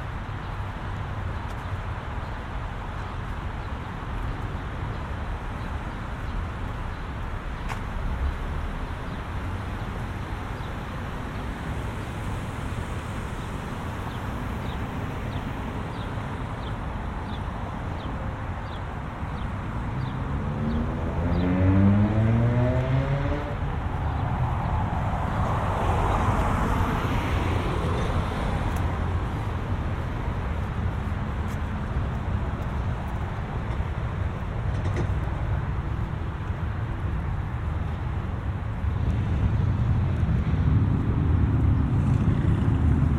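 Walking home from the mall through the suburbs, with a steady low traffic rumble throughout. Around twenty seconds a vehicle passes, its engine tone sliding, and the street stays louder afterward, with heavier rumbling near the end and faint ticking earlier.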